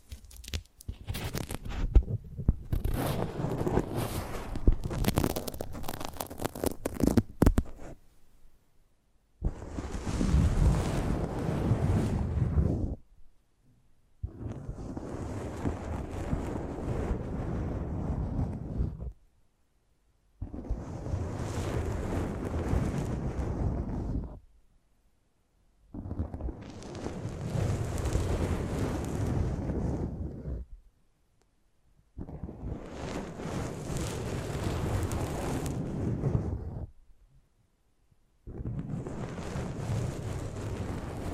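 Close-up mic treatment begins with sharp crackling taps, then turns into six dense, low, muffled brushing bursts separated by short silences.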